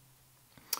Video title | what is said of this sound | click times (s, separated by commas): Hasselblad 501CM camera walkthrough - 501CM body, A12 back, waist level finder and 80mm CFE lens. | as you get to the end you'll see you'll hear it click once it's clicked the shut the um | 0.7 s